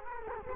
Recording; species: mosquito wingbeat signal from an infrared sensor; Culex quinquefasciatus